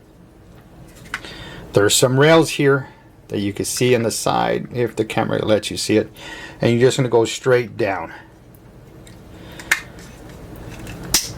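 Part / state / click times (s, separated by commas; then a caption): windshield mount onto a dash camera body / seated / 11.1 s. Someone talks while a windshield mount, with its GPS part facing down, is slid straight down along the side rails of a Kingslim D4 front and rear 4K dash cam body. Faint taps and scrapes follow, then a sharp click at 11.1 s as the mount snaps into place, showing it is seated on the camera.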